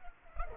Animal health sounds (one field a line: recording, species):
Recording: mosquito wingbeat signal from an infrared sensor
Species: Culex pipiens